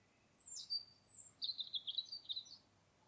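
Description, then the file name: Common blackbird gives thin high notes: a short descending squeak and a faint whistle, then a longer buzzy, fluttering high trill, over low hiss. "Turdus merula"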